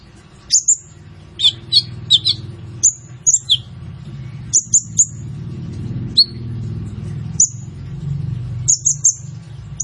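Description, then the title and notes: Kolibri Ninja song: scattered sharp, very high chirps and short whistled notes, some in quick pairs or triplets, over a steady low hum. Masteran training recording for songbirds of a lively 'gacor' Kolibri Ninja, full of 'isian' filler phrases and 'tembakan' shots, meant as pancingan to lure a bird into singing. "MASTERAN KOLIBRI NINJA FULL ISIAN DAN TEMBAKAN COCOK BUAT PANCINGAN. Suara Burung Kolibri Ninja Gacor"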